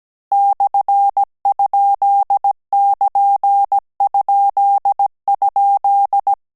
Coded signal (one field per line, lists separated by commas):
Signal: Morse code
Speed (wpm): 17 wpm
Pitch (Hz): 800 Hz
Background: none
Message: /?<KN>??